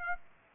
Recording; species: mosquito wingbeat signal from an infrared sensor; Aedes aegypti